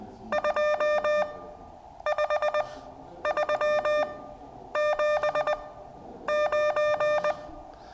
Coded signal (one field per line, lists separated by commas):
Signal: Morse code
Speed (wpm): 20 wpm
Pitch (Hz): 600 Hz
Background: none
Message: 25379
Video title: ZS6TJ CW Morse Code practice Class session three.